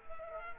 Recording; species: mosquito wingbeat signal from an infrared sensor; Culex quinquefasciatus